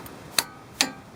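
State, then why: Torque reached. A torque wrench set to 46 tightens a castle nut on a steering knuckle stud. Two sharp metallic clicks ring out at 0.4 s and 0.8 s, with a faint tick near the start, confirming the nut has reached the set torque.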